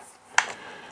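While filling a Reximex Apex PCP air rifle, the female quick-disconnect fitting of the fill hose is pushed onto the rifle's male fill probe. A single sharp, bright snap is heard at 0.4 s, with a brief fading tail over a quiet background. The fitting snaps on and is seated.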